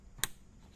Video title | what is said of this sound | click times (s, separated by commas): Kent system pt2 | there we are here the little click | 0.2 s